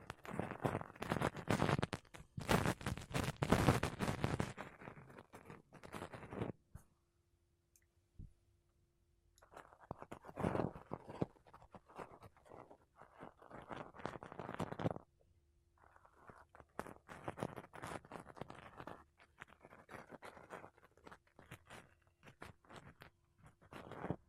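Makeup brushes and a sponge brush over a mic in dense, scratchy bursts, pausing near 7 and 15 seconds under a faint steady hum.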